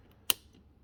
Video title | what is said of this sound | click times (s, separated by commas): Molex Connector Introduction | to 45 degrees you pop it off and you flip it around | 0.3 s